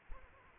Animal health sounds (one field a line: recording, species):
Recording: mosquito wingbeat signal from an infrared sensor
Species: Aedes aegypti